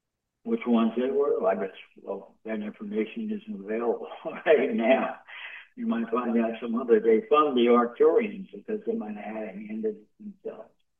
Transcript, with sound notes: Which ones they were, I bet you, well, that information isn't available (laughs) right now.
You might find out some other day from the Arcturians, because they might've had a hand in it themselves.